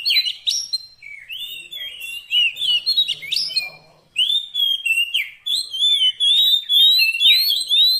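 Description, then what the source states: Oriental magpie-robin delivering long, loud whistled phrases with slurred and warbling notes, a short gap after four seconds, then more continuous song. Long-duration fill-in (isian) recording of kacer song, meant to make the bird sing actively day and night.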